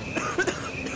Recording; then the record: coughing mixed with background sound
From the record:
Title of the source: 30 Chesty and wet cough